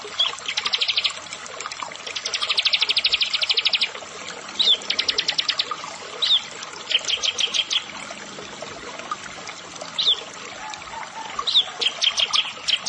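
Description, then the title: Bar-winged prinia delivering long rapid trills of high staccato notes, then shorter bursts, each often introduced by a brief rising chirp; light background hiss throughout. "Ciblek Sawah"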